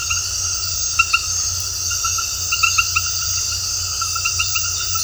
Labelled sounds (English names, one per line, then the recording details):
none
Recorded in dense forest near Puerto Asís, Putumayo, Colombia, on 8 March 2025 at 21:00
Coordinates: 0.468, -76.322
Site GP01